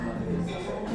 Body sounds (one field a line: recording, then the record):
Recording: background sound without coughing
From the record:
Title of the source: 60 minutes of coffee shop sounds for study and concentration